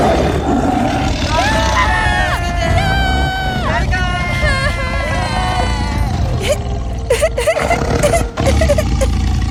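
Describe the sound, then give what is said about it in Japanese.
The old tiger Shere Khan roars as it attacks a village, over a loud, continuous tumult of crowd noise, with high, wavering cries and screams rising and falling throughout the ten seconds. “ある夜、森の老いた虎シアカーンは村人たちを食料とするために吠えながら村を襲いました。”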